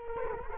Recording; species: mosquito wingbeat signal from an infrared sensor; Culex quinquefasciatus